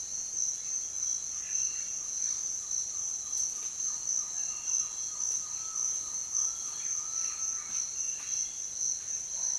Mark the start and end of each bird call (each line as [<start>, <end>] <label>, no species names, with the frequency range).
[2.69, 7.63] bird call (0.8-2.1 kHz)